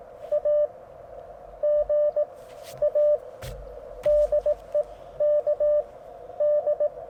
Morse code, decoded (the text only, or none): AGA DE KD